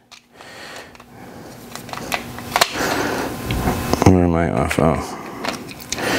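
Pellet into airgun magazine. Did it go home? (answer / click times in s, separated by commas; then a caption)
partly / 5.9 s. Pellets are pushed from a loader into an airgun magazine while someone talks briefly, with a series of sharp clicks and taps. A click is heard at 5.9 s, but one pellet is not fully seated in the magazine, apparently because it is a bent pellet.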